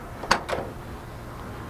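The latch on the rear corner (fifth) window of a restored 1955 Chevrolet 3100 five-window pickup is worked and clicks open with one sharp, crisp hit at 0.3 s. A softer, shorter follow-up sound comes at about 0.5 s, then quiet background. The latch releases and the window opens.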